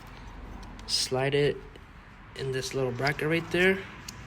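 A parking sensor is slid into its small plastic bracket on the front bumper of a 2016 Lexus ES 350 while someone talks, with faint brief handling ticks near 0.8 s and 4.1 s. Nothing has seated or clicked yet; the clip ends just before the sensor goes home.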